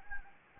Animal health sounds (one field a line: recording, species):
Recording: mosquito wingbeat signal from an infrared sensor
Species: Anopheles gambiae